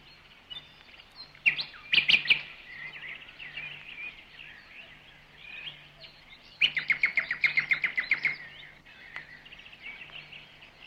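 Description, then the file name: Bird giving high twittering phrases, with a quick chattering burst near two seconds and a longer run of rapid, evenly repeated notes around seven seconds; faint low hum. "vogel"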